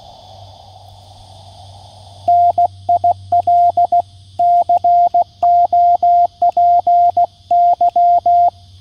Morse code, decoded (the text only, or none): NIL COPY